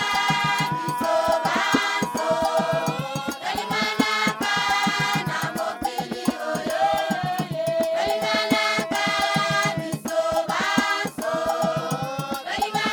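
A village choir in Congo sings in full voice, many voices stacked in close harmony with a rich, bright tone. The singing holds steady and loud throughout, over a quick, regular pulse of percussive beats like clapping or drumming that never lets up.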